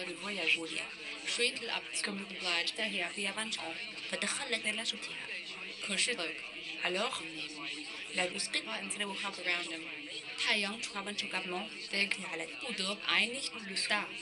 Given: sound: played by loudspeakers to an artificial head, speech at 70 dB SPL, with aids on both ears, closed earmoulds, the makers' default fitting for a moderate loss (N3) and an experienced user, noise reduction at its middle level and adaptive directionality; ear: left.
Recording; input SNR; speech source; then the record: speech test signal (ISTS) in cocktail-party noise; +6 dB; in front (0 degrees)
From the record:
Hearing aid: class 2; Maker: C